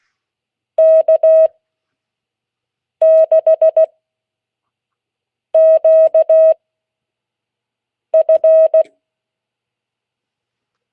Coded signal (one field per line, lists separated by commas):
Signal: Morse code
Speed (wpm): 16 wpm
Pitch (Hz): 640 Hz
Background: none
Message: K6QF